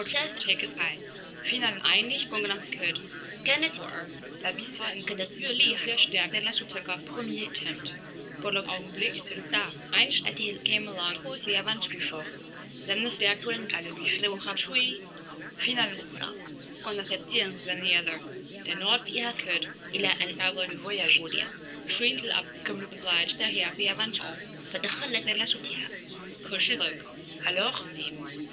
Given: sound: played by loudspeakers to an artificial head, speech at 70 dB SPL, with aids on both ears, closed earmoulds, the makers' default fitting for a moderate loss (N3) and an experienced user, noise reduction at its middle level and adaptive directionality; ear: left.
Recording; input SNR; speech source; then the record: speech test signal (ISTS) in cocktail-party noise; 0 dB; in front (0 degrees)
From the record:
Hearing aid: class 1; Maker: C